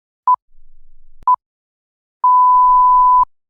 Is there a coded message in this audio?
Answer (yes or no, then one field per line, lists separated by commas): no